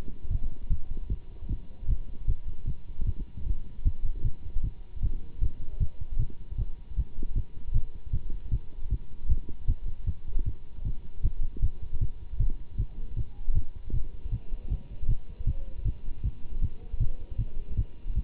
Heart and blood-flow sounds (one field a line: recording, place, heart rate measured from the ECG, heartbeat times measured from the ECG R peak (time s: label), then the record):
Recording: heart sounds by stethoscope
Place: between the tricuspid and mitral areas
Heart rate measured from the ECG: 155 bpm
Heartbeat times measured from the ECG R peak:
0.29 s: heartbeat
0.69 s: heartbeat
1.09 s: heartbeat
1.48 s: heartbeat
1.87 s: heartbeat
2.27 s: heartbeat
2.66 s: heartbeat
3.06 s: heartbeat
3.45 s: heartbeat
3.84 s: heartbeat
4.23 s: heartbeat
4.62 s: heartbeat
5.01 s: heartbeat
5.40 s: heartbeat
5.79 s: heartbeat
6.18 s: heartbeat
6.57 s: heartbeat
6.96 s: heartbeat
7.34 s: heartbeat
7.73 s: heartbeat
8.12 s: heartbeat
8.51 s: heartbeat
8.89 s: heartbeat
9.28 s: heartbeat
9.67 s: heartbeat
10.06 s: heartbeat
10.45 s: heartbeat
10.84 s: heartbeat
11.22 s: heartbeat
11.61 s: heartbeat
12.00 s: heartbeat
12.38 s: heartbeat
12.77 s: heartbeat
13.16 s: heartbeat
13.54 s: heartbeat
13.92 s: heartbeat
14.31 s: heartbeat
14.69 s: heartbeat
15.07 s: heartbeat
15.46 s: heartbeat
15.84 s: heartbeat
16.23 s: heartbeat
16.61 s: heartbeat
16.99 s: heartbeat
17.38 s: heartbeat
17.76 s: heartbeat
18.14 s: heartbeat
From the record:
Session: Bruce protocol treadmill stress test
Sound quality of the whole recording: good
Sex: male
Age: 24 years